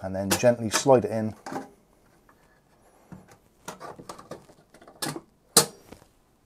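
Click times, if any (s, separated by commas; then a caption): 5.6 s. A PCIe x1 USB 3.0 expansion card is lined up with the motherboard PCI Express slot and slid in while someone talks. A few light scraping taps follow, then a sharp click at 5.6 s as the card seats fully into the slot.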